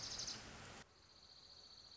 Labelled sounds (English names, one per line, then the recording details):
Dark-eyed Junco
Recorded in Sonoma County, California